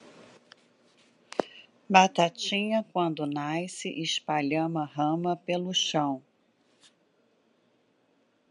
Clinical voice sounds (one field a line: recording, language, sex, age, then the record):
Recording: short text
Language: Brazilian Portuguese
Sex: female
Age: 50 to 59 years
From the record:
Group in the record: control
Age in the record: 50 years